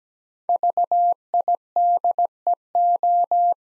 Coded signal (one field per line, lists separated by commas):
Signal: Morse code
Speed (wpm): 17 wpm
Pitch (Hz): 700 Hz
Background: none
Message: VIDEO